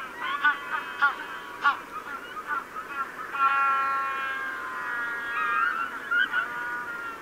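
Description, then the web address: Penguin bray: several clipped, harmonic honks followed by a drawn-out, wavering braying note, then a few more short honks near the end. "pinguino"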